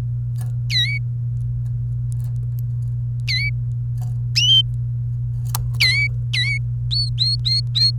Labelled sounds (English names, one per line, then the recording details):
Domestic Canary song
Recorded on 29 April 2018 at 10:28
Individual llb3